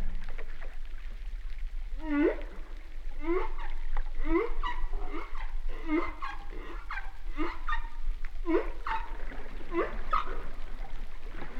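Humpback whale calls: several short rising whoops repeated at a steady pace over a steady low hum.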